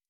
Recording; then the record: hydrophone in a shrimp aquaculture tank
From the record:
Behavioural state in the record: stressed